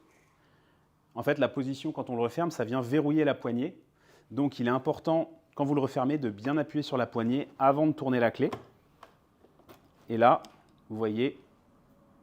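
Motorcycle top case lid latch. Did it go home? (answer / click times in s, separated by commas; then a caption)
yes / 9.0 s. Someone talks while the top case lid on a Tracer 9 GT+ motorcycle is closed by pressing down on its handle before turning the key. A sharp click at 9.0 s is followed by a couple of faint knocks as the latch locks, and the lid ends up properly locked.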